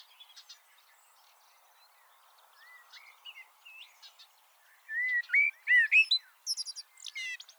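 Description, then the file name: Common blackbird song emerging after faint scattered chirps: mellow whistled swoops followed by high scratchy twitters, over a steady low background hiss. "Turdus merula"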